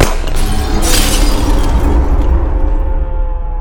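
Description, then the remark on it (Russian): A loud gunshot, an aimed shot into a copper eight-legged spider mechanism, bursts out, followed by crashing, shattering metal and an eerie, sustained shriek with ringing tones, all dense and harsh before thinning slightly at the end. “А Синий, увидев под капюшоном заступника восьмилапого медного паука, сделал в механизм прицельный выстрел.”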